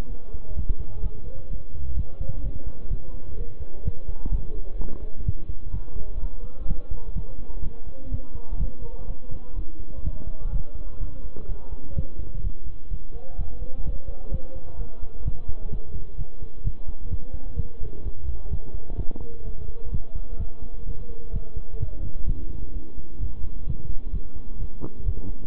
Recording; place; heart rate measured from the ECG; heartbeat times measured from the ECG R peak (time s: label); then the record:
heart sounds by stethoscope; between the tricuspid and mitral areas; 127 bpm
0.10 s: heartbeat
0.57 s: heartbeat
1.03 s: heartbeat
1.50 s: heartbeat
1.97 s: heartbeat
2.44 s: heartbeat
2.90 s: heartbeat
3.38 s: heartbeat
3.85 s: heartbeat
4.32 s: heartbeat
4.79 s: heartbeat
5.26 s: heartbeat
5.73 s: heartbeat
6.21 s: heartbeat
6.68 s: heartbeat
7.16 s: heartbeat
7.64 s: heartbeat
8.12 s: heartbeat
8.59 s: heartbeat
9.08 s: heartbeat
9.56 s: heartbeat
10.05 s: heartbeat
10.52 s: heartbeat
11.01 s: heartbeat
11.49 s: heartbeat
11.97 s: heartbeat
12.44 s: heartbeat
12.91 s: heartbeat
13.39 s: heartbeat
13.85 s: heartbeat
14.32 s: heartbeat
14.79 s: heartbeat
15.25 s: heartbeat
15.72 s: heartbeat
16.18 s: heartbeat
16.64 s: heartbeat
17.11 s: heartbeat
17.57 s: heartbeat
18.04 s: heartbeat
18.51 s: heartbeat
18.97 s: heartbeat
19.45 s: heartbeat
19.92 s: heartbeat
20.39 s: heartbeat
20.87 s: heartbeat
21.34 s: heartbeat
21.80 s: heartbeat
22.27 s: heartbeat
22.74 s: heartbeat
23.21 s: heartbeat
23.67 s: heartbeat
24.13 s: heartbeat
24.60 s: heartbeat
25.06 s: heartbeat
From the record:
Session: bicycle stress test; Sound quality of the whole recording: good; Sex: male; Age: 23 years